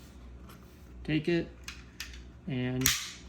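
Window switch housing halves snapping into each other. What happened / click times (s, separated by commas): Handled, not yet home: switch housing not snapped together yet / none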